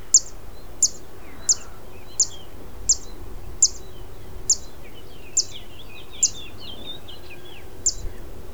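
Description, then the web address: Zitting cisticola giving sharp, high zit notes repeated steadily, with a short pause near the end. "Zitting cisticola. صدای-پرنده-سبدنشین-چکاچک"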